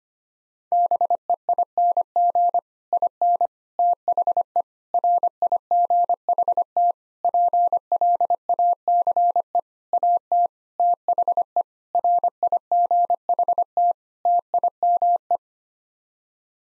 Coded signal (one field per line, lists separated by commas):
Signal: Morse code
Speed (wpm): 25 wpm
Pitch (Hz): 700 Hz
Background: none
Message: BEING IN THE RIGHT PLACE AT THE RIGHT TIME